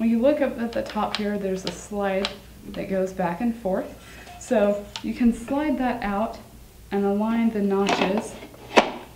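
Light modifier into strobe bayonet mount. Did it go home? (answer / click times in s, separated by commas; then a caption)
no / none. Someone talks while handling a light modifier at the Bowens-style bayonet mount of a CowboyStudio DP320 300 Watt mono strobe flash, sliding the slide at the top of the mount out to line up the notches. A brief sharp sound comes at 9.2 s as the clip ends, but nothing has seated or clicked into place yet.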